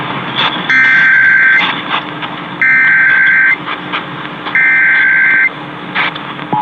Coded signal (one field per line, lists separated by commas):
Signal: Emergency Alert System (SAME) tones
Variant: header bursts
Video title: Ohio RMT on WTAM (6/9/21)(EAS 737)